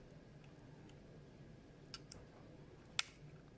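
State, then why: Seated. The glide shoe of a Zünd EOT 250 cutting tool is refitted so its hole locates onto a locating pin, with T8 Torx screws to lock it afterward. Faint ticks at 1.9 s and 2.1 s lead to a sharp snap at 3.0 s as the shoe seats onto the pin.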